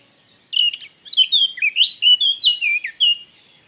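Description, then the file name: Eurasian blackcap warbling song, a burst of clear fluty notes that rise and fall in quick succession for about three seconds, background otherwise quiet. "Sylvia atricapilla"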